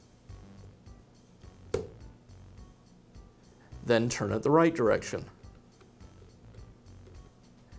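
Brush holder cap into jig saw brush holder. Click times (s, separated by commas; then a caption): 1.7 s. A new plastic brush holder cap (Makita part 643807-7) is turned backwards on the brush holder of a Makita jig saw until its threads drop and click into engagement, before it is screwed in the right direction. A single sharp click sounds at 1.7 s over quiet background music, and someone talks from about 3.9 to 5.1 s. The cap threads are seated.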